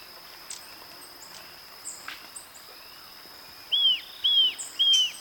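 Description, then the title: Diademed Tanager uttering three clear down-slurred notes about half a second apart near the end, after a few faint, thin chirps in the background. "Diademed Tanager (Stephanophorus diadematus)"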